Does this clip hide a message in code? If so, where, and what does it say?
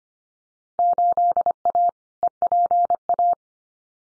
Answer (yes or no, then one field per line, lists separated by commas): yes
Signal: Morse code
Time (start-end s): 0.8-3.3 s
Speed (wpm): 25 wpm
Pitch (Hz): 700 Hz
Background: none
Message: 8A EPA